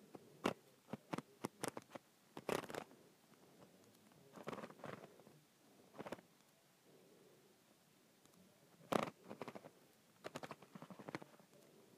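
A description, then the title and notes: A handle is twisted and turned in short bursts, producing sharp clicks and rattly scraping knocks. The sounds come in uneven clusters, busiest near the start, around four to five seconds, and again near nine seconds, with quiet gaps between. ASMR Twisting and Turning a Handle.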